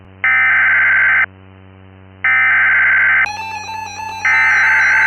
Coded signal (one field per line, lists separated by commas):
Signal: Emergency Alert System (SAME) tones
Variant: header bursts